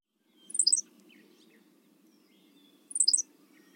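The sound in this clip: Henslow's Sparrow song: two short, high hiccuping bursts about 2.5 seconds apart, with a faint low hum running beneath.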